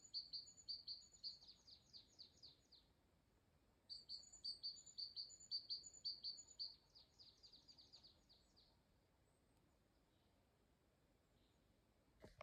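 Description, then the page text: Great tit singing two fast bursts of repeated high two-part notes, separated by a short pause, then fading to quiet background with a sharp click at the very end. Single singing male in breeding season, Strenči municipality, Latvia, 2 April 2025 at 15:16. "Great Tit, Parus major Observation time 02-Apr-2025 plkst. 15:16 Strenču novads Count 1 Status Singing male in breeding season"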